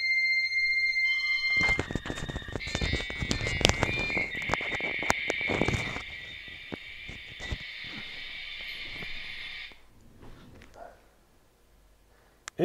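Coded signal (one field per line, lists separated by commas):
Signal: dial-up modem handshake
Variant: V.34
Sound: steady high answer tone, then crackling warbling bursts, then long rushing hiss until silence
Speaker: maintenant on va faire un appel cette fois ppp ont fait la simulation de nouveau et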